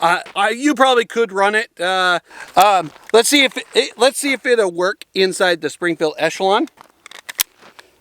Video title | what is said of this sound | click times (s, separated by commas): Is the XD Mod 3 better than the Echelon? | Like I said, it won't will not lock in. It's very loose. Won't lock in. | none